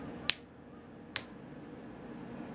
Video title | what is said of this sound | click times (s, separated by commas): Cardsharp knife unboxing & quick review | big triangle falls on top of that and locks in place | 0.3 s, 1.2 s